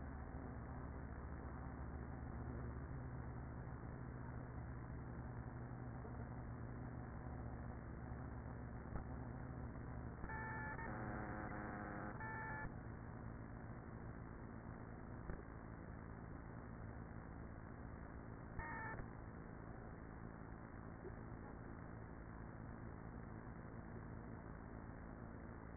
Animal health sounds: honeybee colony, microphone inside the hive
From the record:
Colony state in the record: queenless with a low population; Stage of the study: after two queens were removed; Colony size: about 30,000 bees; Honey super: no

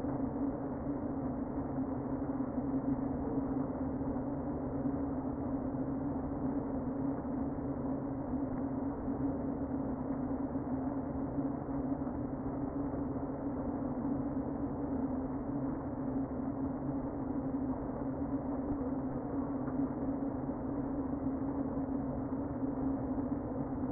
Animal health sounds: honeybee colony, microphone inside the hive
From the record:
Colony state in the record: queen present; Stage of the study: before two queens were removed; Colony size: about 60,000 bees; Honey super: yes

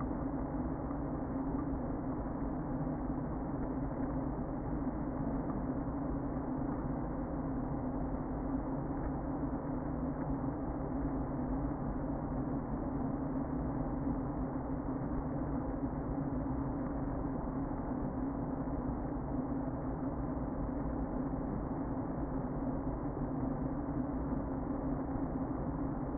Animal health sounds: honeybee colony, microphone inside the hive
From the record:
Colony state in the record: queen present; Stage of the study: before two queens were removed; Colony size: about 60,000 bees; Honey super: yes

